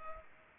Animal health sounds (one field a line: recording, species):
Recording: mosquito wingbeat signal from an infrared sensor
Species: Culex pipiens